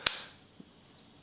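A magnetic bicycle indicator light is brought to its handlebar mount ring, and the strong magnets pull it home with a sharp, loud snap at 0.1 s that rings out and fades over about half a second. A faint low knock follows near 0.6 s and a small high tick at 1.0 s. The indicator is seated and stays in place on the ring.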